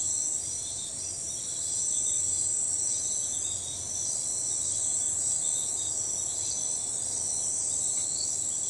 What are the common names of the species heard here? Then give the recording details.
none. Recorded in forest near Pivijay, Magdalena, Colombia, on 15 April 2023 at 03:00. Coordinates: 10.467, -74.380. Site Z5-G034